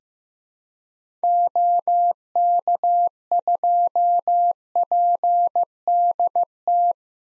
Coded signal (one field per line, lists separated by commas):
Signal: Morse code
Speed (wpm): 16 wpm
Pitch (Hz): 700 Hz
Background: none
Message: OK2PDT